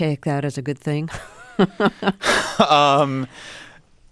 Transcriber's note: laughter